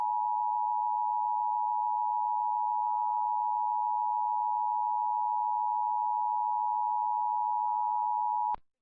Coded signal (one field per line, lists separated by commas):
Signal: Emergency Alert System (SAME) tones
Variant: 853 and 960 Hz attention tone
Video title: EAS #1042-1044: 3 EAS Required Monthly Tests- Jan. 7, 2025- 10:15AM PST